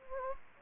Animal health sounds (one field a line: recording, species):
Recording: mosquito wingbeat signal from an infrared sensor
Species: Anopheles gambiae